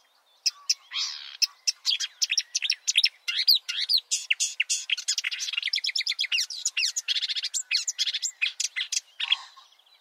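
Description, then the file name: Marsh warbler song, a long rapid stream of chattering and trilled notes, buzzy in places, after a brief silent start. "suara-kicauan-burung-marsh-warbler -omkicau"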